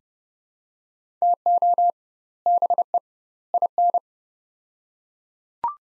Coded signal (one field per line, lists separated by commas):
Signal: Morse code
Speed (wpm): 30 wpm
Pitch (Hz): 700 Hz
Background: none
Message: TO BE IN